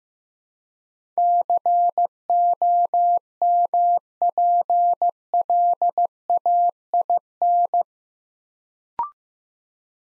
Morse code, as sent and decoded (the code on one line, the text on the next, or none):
-.-. --- -- .--. .-.. .- .. -.
COMPLAIN